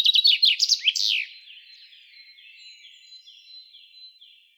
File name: Fringilla coelebs